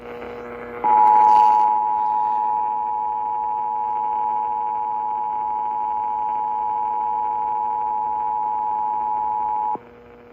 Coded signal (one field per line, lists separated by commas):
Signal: Emergency Alert System (SAME) tones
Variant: 853 and 960 Hz attention tone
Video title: [EAS #2884] Los Angeles Area CAE over KFI AM 640 (2/13/23) [Found Safe]